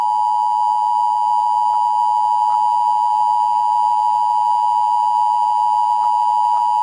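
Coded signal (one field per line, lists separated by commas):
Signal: Emergency Alert System (SAME) tones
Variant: 853 and 960 Hz attention tone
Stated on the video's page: Fictional EAS scenario about an ancient evil turning people into zombies.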